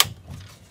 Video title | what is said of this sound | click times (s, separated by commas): World's First Supermicro SuperServer SYS-E300-9D unboxing & BIOS settings [4K] | All right, two clicks heard on each, all of them clipped in nicely | 0.0 s